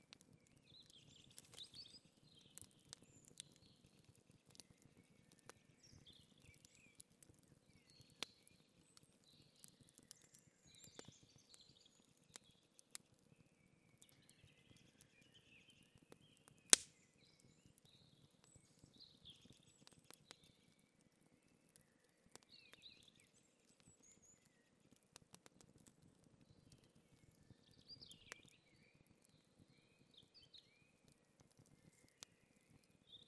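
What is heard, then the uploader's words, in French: A wood fire in a forest crackles with steady soft pops and one sharp snap near seventeen seconds, while birds chirp throughout. Feu de bois en forêt. Sur un chemin forestier d'une forêt des Vosges. En arrière-plan le doux roucoulement d'une Chouette hulotte (Strix aluco), chant de proximité du mâle près de la femelle. Doucement le feu se consume en crépitant.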